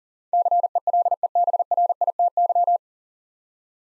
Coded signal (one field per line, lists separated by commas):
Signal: Morse code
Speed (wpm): 39 wpm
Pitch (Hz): 700 Hz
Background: none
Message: CELEBRITY